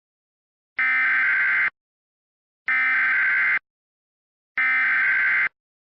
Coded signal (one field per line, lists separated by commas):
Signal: Emergency Alert System (SAME) tones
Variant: header bursts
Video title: Blizzard Warning MOCK EAS